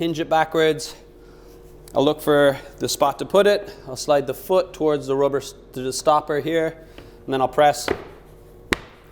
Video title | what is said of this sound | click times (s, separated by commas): How to assemble your HOEK Dining Table | and it clicks right into place | 8.7 s